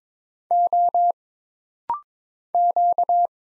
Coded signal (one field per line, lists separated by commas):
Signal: Morse code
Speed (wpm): 22 wpm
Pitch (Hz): 700 Hz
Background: none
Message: O Q